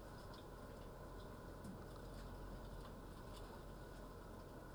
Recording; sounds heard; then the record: poultry house recording; healthy chickens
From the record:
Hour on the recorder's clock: 9